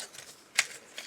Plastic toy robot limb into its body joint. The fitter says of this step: push this down till it clicks